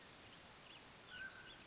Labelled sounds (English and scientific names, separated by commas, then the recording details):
Mountain Quail (Oreortyx pictus)
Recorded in Sonoma County, California